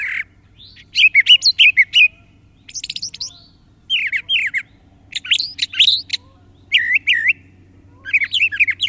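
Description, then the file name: Brown thrasher delivering rapid varied phrases, slurred whistles and scratchy notes in bursts about a second long, many doubled, separated by brief gaps, with a faint low drone. Chirping song. "suara-kicauan-brown-trasher 1-omkicau"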